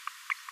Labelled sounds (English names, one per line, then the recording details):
Green-rumped Parrotlet babbling
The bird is a male
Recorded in a nest box in Venezuela
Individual 17B42A3